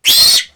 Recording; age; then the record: pig call; piglet (1 to 25 days)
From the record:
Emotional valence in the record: negative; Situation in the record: restrain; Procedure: back test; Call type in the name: high-frequency call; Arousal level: maximum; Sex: male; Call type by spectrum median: high-frequency call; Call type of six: high-frequency stable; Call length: 0.55 s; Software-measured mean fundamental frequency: 203 Hz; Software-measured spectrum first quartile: 3927 Hz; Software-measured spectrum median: 4900 Hz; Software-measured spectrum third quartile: 8000 Hz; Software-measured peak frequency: 4233 Hz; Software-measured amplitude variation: 188 dB a second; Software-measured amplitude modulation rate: 15.4 a second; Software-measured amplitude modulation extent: 12.2 dB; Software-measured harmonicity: 4.8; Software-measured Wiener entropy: -2.17